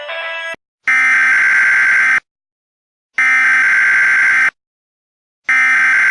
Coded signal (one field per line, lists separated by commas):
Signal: Emergency Alert System (SAME) tones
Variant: header bursts